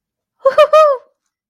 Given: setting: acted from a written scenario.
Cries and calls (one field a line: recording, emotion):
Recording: vocal sound without words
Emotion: elation